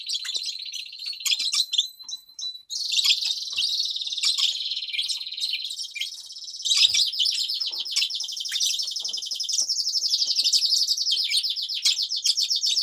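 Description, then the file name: Grass parakeets producing nearly continuous high, buzzy trilled chatter, rising in intensity partway through. "travyanye popugaiciki"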